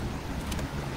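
A plastic retaining ring is pushed back over a transmission cooler line quick-connect fitting at the new AC condenser of a 2011 Jeep Grand Cherokee. A short click is heard at 0.5 s over a steady low rumble, and the plastic clip seats on the fitting. This is the retaining clip's own click, not the seating of the transmission line itself.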